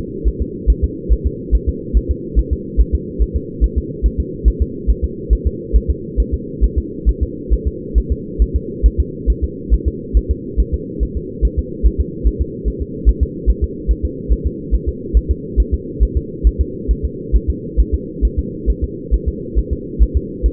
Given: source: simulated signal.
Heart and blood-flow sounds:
fetal heart sounds
0.28 s: S1
0.42 s: S2
0.70 s: S1
0.84 s: S2
1.13 s: S1
1.27 s: S2
1.55 s: S1
1.69 s: S2
1.97 s: S1
2.11 s: S2
2.39 s: S1
2.53 s: S2
2.81 s: S1
2.95 s: S2
3.22 s: S1
3.36 s: S2
3.64 s: S1
3.78 s: S2
4.06 s: S1
4.20 s: S2
4.48 s: S1
4.62 s: S2
4.90 s: S1
5.04 s: S2
5.33 s: S1
5.47 s: S2
5.76 s: S1
5.90 s: S2
6.20 s: S1
6.34 s: S2
6.64 s: S1
6.78 s: S2
7.09 s: S1
7.23 s: S2
7.53 s: S1
7.67 s: S2
7.98 s: S1
8.12 s: S2
8.42 s: S1
8.56 s: S2
8.86 s: S1
9.00 s: S2
9.30 s: S1
9.44 s: S2
9.74 s: S1
9.88 s: S2
10.17 s: S1
10.31 s: S2
10.60 s: S1
10.74 s: S2
11.03 s: S1
11.17 s: S2
11.45 s: S1
11.59 s: S2
11.86 s: S1
12.00 s: S2
12.27 s: S1
12.41 s: S2
12.68 s: S1
12.82 s: S2
13.09 s: S1
13.23 s: S2
13.50 s: S1
13.64 s: S2
13.91 s: S1
14.05 s: S2
14.32 s: S1
14.47 s: S2
14.75 s: S1
14.89 s: S2
15.17 s: S1
15.31 s: S2
15.60 s: S1
15.74 s: S2
16.03 s: S1
16.17 s: S2
16.47 s: S1
16.61 s: S2
16.91 s: S1
17.05 s: S2
17.36 s: S1
17.50 s: S2
17.80 s: S1
17.94 s: S2
18.25 s: S1
18.39 s: S2
18.70 s: S1
18.84 s: S2
19.14 s: S1
19.28 s: S2
19.59 s: S1
19.73 s: S2
20.03 s: S1
20.17 s: S2
20.46 s: S1
From the record:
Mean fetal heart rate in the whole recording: 140 bpm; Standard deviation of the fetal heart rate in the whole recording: 2 bpm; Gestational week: 34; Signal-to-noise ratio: -4.1 dB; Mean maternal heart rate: no maternal heart sound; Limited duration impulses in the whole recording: absent

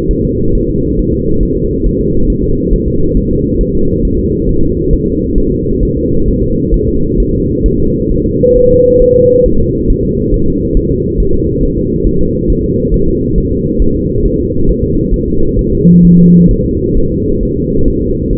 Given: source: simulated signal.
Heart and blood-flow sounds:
fetal heart sounds
0.11 s: S1
0.25 s: S2
0.55 s: S1
0.69 s: S2
0.99 s: S1
1.14 s: S2
1.43 s: S1
1.57 s: S2
1.87 s: S1
2.01 s: S2
2.30 s: S1
2.44 s: S2
2.73 s: S1
2.88 s: S2
3.17 s: S1
3.31 s: S2
3.61 s: S1
3.75 s: S2
4.05 s: S1
4.19 s: S2
4.49 s: S1
4.63 s: S2
4.93 s: S1
5.08 s: S2
5.38 s: S1
5.52 s: S2
5.83 s: S1
5.97 s: S2
6.28 s: S1
6.43 s: S2
6.74 s: S1
6.88 s: S2
7.20 s: S1
7.34 s: S2
7.66 s: S1
7.80 s: S2
8.12 s: S1
8.26 s: S2
8.57 s: S1
8.71 s: S2
9.02 s: S1
9.16 s: S2
9.46 s: S1
9.60 s: S2
9.90 s: S1
10.05 s: S2
10.34 s: S1
10.48 s: S2
10.77 s: S1
10.91 s: S2
11.20 s: S1
11.34 s: S2
11.63 s: S1
11.78 s: S2
12.07 s: S1
12.21 s: S2
12.50 s: S1
12.64 s: S2
12.94 s: S1
13.08 s: S2
13.38 s: S1
13.52 s: S2
13.82 s: S1
13.96 s: S2
14.26 s: S1
14.40 s: S2
14.69 s: S1
14.84 s: S2
15.14 s: S1
15.28 s: S2
15.59 s: S1
15.73 s: S2
16.05 s: S1
16.19 s: S2
16.51 s: S1
16.66 s: S2
16.97 s: S1
17.12 s: S2
17.43 s: S1
17.57 s: S2
17.88 s: S1
18.02 s: S2
18.33 s: S1
From the record:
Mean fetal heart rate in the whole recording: 135 bpm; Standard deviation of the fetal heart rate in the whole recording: 3 bpm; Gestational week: 36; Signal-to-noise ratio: -16.4 dB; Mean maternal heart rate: 72 bpm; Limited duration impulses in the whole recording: present

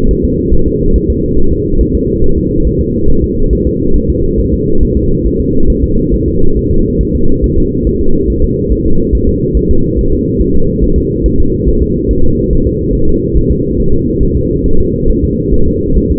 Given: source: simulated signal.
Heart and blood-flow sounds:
fetal heart sounds
0.11 s: S1
0.25 s: S2
0.54 s: S1
0.68 s: S2
0.96 s: S1
1.10 s: S2
1.39 s: S1
1.53 s: S2
1.81 s: S1
1.95 s: S2
2.24 s: S1
2.38 s: S2
2.67 s: S1
2.81 s: S2
3.10 s: S1
3.24 s: S2
3.53 s: S1
3.67 s: S2
3.96 s: S1
4.10 s: S2
4.40 s: S1
4.54 s: S2
4.83 s: S1
4.97 s: S2
5.26 s: S1
5.41 s: S2
5.70 s: S1
5.84 s: S2
6.14 s: S1
6.28 s: S2
6.57 s: S1
6.71 s: S2
7.01 s: S1
7.15 s: S2
7.44 s: S1
7.58 s: S2
7.87 s: S1
8.01 s: S2
8.30 s: S1
8.44 s: S2
8.72 s: S1
8.86 s: S2
9.15 s: S1
9.29 s: S2
9.57 s: S1
9.71 s: S2
9.99 s: S1
10.13 s: S2
10.41 s: S1
10.55 s: S2
10.84 s: S1
10.98 s: S2
11.26 s: S1
11.40 s: S2
11.68 s: S1
11.83 s: S2
12.11 s: S1
12.25 s: S2
12.53 s: S1
12.67 s: S2
12.95 s: S1
13.09 s: S2
13.37 s: S1
13.51 s: S2
13.80 s: S1
13.94 s: S2
14.23 s: S1
14.37 s: S2
14.66 s: S1
14.80 s: S2
15.10 s: S1
15.24 s: S2
15.54 s: S1
15.68 s: S2
15.97 s: S1
16.12 s: S2
From the record:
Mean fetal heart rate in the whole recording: 140 bpm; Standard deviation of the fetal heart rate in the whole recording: 2 bpm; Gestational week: 34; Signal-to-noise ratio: -19.1 dB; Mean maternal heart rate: 72 bpm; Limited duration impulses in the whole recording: present

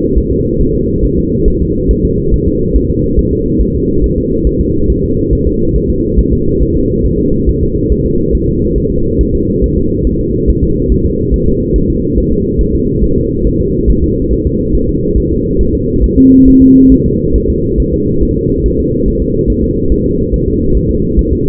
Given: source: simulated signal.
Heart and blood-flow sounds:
fetal heart sounds
0.18 s: S1
0.32 s: S2
0.61 s: S1
0.75 s: S2
1.04 s: S1
1.18 s: S2
1.48 s: S1
1.62 s: S2
1.91 s: S1
2.05 s: S2
2.34 s: S1
2.48 s: S2
2.76 s: S1
2.90 s: S2
3.19 s: S1
3.33 s: S2
3.61 s: S1
3.75 s: S2
4.04 s: S1
4.18 s: S2
4.47 s: S1
4.61 s: S2
4.90 s: S1
5.04 s: S2
5.33 s: S1
5.47 s: S2
5.76 s: S1
5.90 s: S2
6.19 s: S1
6.33 s: S2
6.62 s: S1
6.76 s: S2
7.05 s: S1
7.20 s: S2
7.49 s: S1
7.63 s: S2
7.92 s: S1
8.06 s: S2
8.35 s: S1
8.49 s: S2
8.78 s: S1
8.92 s: S2
9.21 s: S1
9.35 s: S2
9.64 s: S1
9.78 s: S2
10.07 s: S1
10.21 s: S2
10.49 s: S1
10.63 s: S2
10.92 s: S1
11.06 s: S2
11.34 s: S1
11.48 s: S2
11.76 s: S1
11.90 s: S2
12.18 s: S1
12.32 s: S2
12.61 s: S1
12.75 s: S2
13.04 s: S1
13.18 s: S2
13.47 s: S1
13.61 s: S2
13.90 s: S1
14.04 s: S2
14.32 s: S1
14.46 s: S2
14.75 s: S1
14.89 s: S2
15.18 s: S1
15.32 s: S2
15.61 s: S1
15.75 s: S2
16.04 s: S1
16.18 s: S2
16.48 s: S1
16.62 s: S2
16.92 s: S1
17.06 s: S2
17.36 s: S1
17.50 s: S2
17.80 s: S1
17.94 s: S2
18.23 s: S1
18.37 s: S2
18.66 s: S1
18.80 s: S2
19.08 s: S1
19.22 s: S2
19.50 s: S1
19.64 s: S2
19.92 s: S1
20.06 s: S2
20.34 s: S1
20.48 s: S2
20.77 s: S1
20.91 s: S2
21.19 s: S1
21.33 s: S2
From the record:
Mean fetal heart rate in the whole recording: 140 bpm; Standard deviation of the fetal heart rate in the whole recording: 2 bpm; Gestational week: 34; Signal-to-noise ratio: -15.3 dB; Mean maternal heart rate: 72 bpm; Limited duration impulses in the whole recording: present

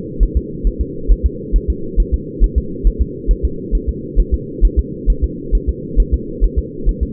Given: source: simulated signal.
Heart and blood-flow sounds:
fetal heart sounds
0.23 s: S1
0.37 s: S2
0.67 s: S1
0.81 s: S2
1.12 s: S1
1.26 s: S2
1.56 s: S1
1.70 s: S2
2.00 s: S1
2.14 s: S2
2.44 s: S1
2.58 s: S2
2.87 s: S1
3.01 s: S2
3.31 s: S1
3.45 s: S2
3.75 s: S1
3.89 s: S2
4.20 s: S1
4.34 s: S2
4.65 s: S1
4.79 s: S2
5.10 s: S1
5.24 s: S2
5.55 s: S1
5.69 s: S2
6.00 s: S1
6.14 s: S2
6.44 s: S1
6.59 s: S2
6.89 s: S1
7.03 s: S2
From the record:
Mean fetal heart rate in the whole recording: 135 bpm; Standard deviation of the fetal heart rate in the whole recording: 3 bpm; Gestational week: 36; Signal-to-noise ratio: -4.3 dB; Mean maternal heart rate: 72 bpm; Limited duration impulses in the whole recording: absent

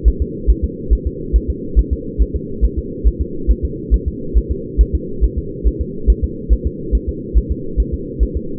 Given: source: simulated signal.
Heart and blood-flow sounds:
fetal heart sounds
0.08 s: S1
0.22 s: S2
0.50 s: S1
0.64 s: S2
0.93 s: S1
1.07 s: S2
1.36 s: S1
1.50 s: S2
1.79 s: S1
1.93 s: S2
2.22 s: S1
2.36 s: S2
2.64 s: S1
2.78 s: S2
3.08 s: S1
3.22 s: S2
3.51 s: S1
3.65 s: S2
3.94 s: S1
4.08 s: S2
4.38 s: S1
4.52 s: S2
4.81 s: S1
4.95 s: S2
5.24 s: S1
5.38 s: S2
5.67 s: S1
5.81 s: S2
6.10 s: S1
6.24 s: S2
6.53 s: S1
6.67 s: S2
6.95 s: S1
7.09 s: S2
7.38 s: S1
7.52 s: S2
7.80 s: S1
7.94 s: S2
8.23 s: S1
8.37 s: S2
From the record:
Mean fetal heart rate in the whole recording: 140 bpm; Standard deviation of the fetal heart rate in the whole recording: 2 bpm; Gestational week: 34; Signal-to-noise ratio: -4.3 dB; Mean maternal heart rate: 72 bpm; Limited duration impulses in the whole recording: absent

